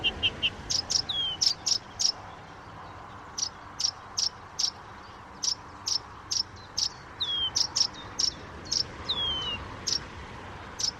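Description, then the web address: Blyth's reed warbler delivering steady dry ticking notes in clusters, broken now and then by a falling whistled slur, over a faint background hiss. "chant didier collin rousserolle des buissons"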